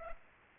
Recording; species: mosquito wingbeat signal from an infrared sensor; Aedes aegypti